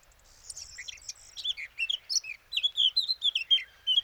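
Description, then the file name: Eurasian blackcap song: a quiet, scratchy warble that builds into louder, clear fluted notes repeated quickly toward the end. "Sylvia atricapilla"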